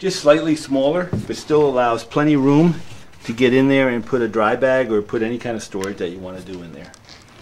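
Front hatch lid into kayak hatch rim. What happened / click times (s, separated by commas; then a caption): Handled, not yet home: kayak hatch lid locks in place / none. Someone talks while handling the front storage hatch lid on a plastic Old Town Predator MX kayak, working it toward the hatch rim it closes into. The lid has not seated or clicked into place yet.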